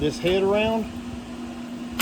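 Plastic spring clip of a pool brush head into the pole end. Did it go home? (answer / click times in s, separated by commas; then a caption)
no / none. Someone talks over a steady low hum while handling a pool brush head with two plastic spring clips, which are held down as the head is slid onto the pole end. Nothing has seated or clicked into place yet.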